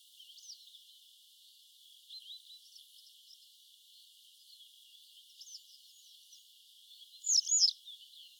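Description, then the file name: Western yellow wagtail with a clear, strident two-note call late, preceded by faint high twittering and background hiss. "Motacilla flava"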